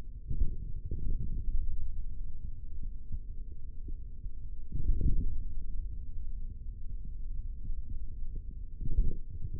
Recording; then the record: forearm muscle sounds (acoustic myography)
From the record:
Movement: hand closing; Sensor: system 3, bracelet of six PUI Audio POM-2738L microphones around the upper forearm, with dedicated amplification and filtering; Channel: 5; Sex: male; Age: 43 years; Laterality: right